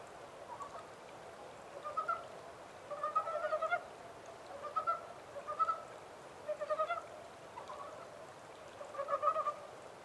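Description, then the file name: Japanese mountain brown frog giving brief pulsed chuckles, spaced groups of rapid notes, soft background hiss. Recorded 14 April 2010 at 03:17. "yamaakagaeru-20100414-0317"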